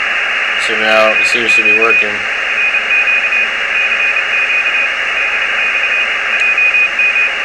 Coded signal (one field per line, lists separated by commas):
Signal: Morse code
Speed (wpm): 29 wpm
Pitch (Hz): 2500 Hz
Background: speech, radio noise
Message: CQ NQ CQ DX JM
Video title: r1cbu software on XIEGU X6100 ham radio! ft8 no pc